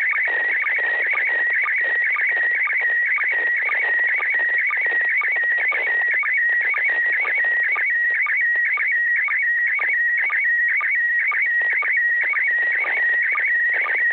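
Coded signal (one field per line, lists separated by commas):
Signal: SSTV (slow-scan television)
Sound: continuous warbling tone jumping around 2 kHz with a short low blip twice a second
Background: radio static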